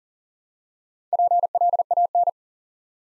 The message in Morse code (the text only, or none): PLAN